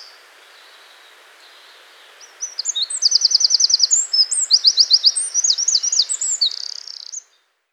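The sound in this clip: Wren song begins after a quiet couple of seconds: an energetic burst of shrill trills and twitters running about five seconds, then stopping abruptly.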